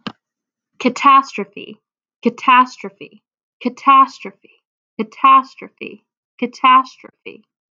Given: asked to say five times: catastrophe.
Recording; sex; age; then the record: repeated word; female; 20 to 29 years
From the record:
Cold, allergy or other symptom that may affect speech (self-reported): no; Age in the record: 24 years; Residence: Florida, United States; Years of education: 17